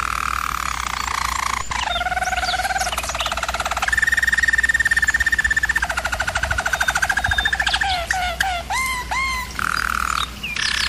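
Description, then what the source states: German Roller canary song: long, rapid rolling trills held at a steady low pitch, shifting between tours, with brief breaks and a few rising notes near the end. Singing used for canary training.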